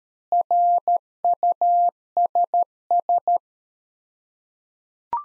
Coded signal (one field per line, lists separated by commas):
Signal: Morse code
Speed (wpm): 13 wpm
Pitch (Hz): 700 Hz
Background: none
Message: RUSS